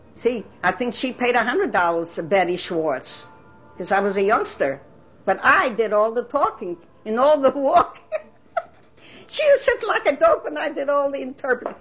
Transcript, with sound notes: See, I think she paid a hundred dollars to Betty Schwartz. 'Cause I was a youngster. But I did all the talking and all the walking. [Laughs] She would sit like a dope and I did all the interpreting.